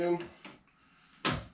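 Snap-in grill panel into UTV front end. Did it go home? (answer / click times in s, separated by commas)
yes / 1.2 s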